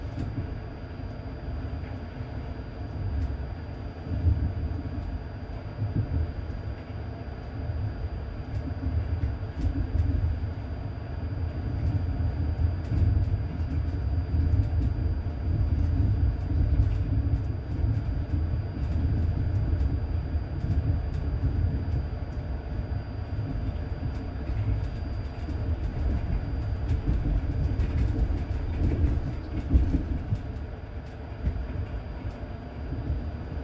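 A train rumbles steadily with deep low-end roar, a thin high whine running throughout, and scattered rattles and clanks over thirty-four seconds.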